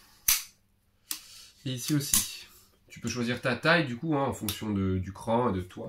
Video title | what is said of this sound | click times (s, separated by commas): ⛩️ Entraînement Mont FUJI ⛩️ - GR441 Tour de la chaîne des Puys en 3 jours🗾🗼🌸 | qui viennent se clipser comme ça. | 0.3 s, 1.1 s